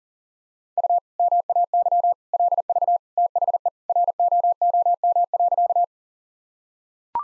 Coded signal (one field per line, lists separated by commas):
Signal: Morse code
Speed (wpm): 40 wpm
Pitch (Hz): 700 Hz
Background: none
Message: U MAY LV THE ROOM.